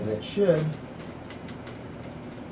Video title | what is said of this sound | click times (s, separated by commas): ARROWS RC PRODIGY 1400MM RTF UNBOX,BUILD AND RADIO SETUP | okay it doesn't click into place but it's we understand it's going to be held | none